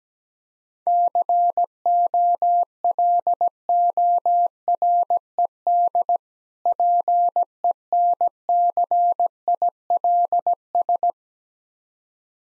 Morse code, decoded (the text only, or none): COLORED PENCILS